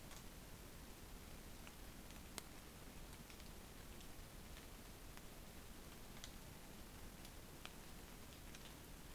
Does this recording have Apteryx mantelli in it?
no